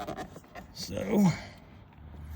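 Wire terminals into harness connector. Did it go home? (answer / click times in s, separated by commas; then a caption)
no / none. Wire terminals from an MPC plug-and-play remote start harness for a 2015–2019 Lexus RX 350 are handled while being pushed into a plastic harness connector, with someone talking and faint handling noise that swells briefly around 1.0–1.4 s. Nothing has seated or clicked yet.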